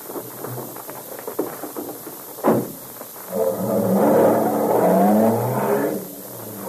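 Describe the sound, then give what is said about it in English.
A sharp thump is followed by a car engine catching and revving up as the car accelerates away, its low rumble climbing in pitch and holding loud for a few seconds before easing slightly. “Well, jump in the car and we'll follow the route they took.”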